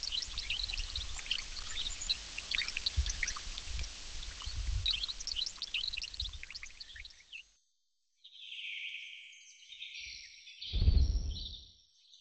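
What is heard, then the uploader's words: Rainforest ambience: for about seven seconds a dense chatter of high bird calls and chirps rides over a low rumble. After a brief silence, a thinner, smoother high hiss returns, broken near the eleventh second by a loud, low whooshing thump. Rainforest.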